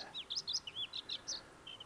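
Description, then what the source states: Bluethroat song fragment: a quick jumble of high chirps and twittering notes, varied and rapid, ending in a couple of softer whistled notes. Yle's nature sound of the week, presented by Juha Laaksonen; species has nearly vanished from its southern breeding range, causes unclear.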